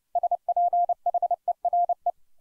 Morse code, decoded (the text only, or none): SPHERE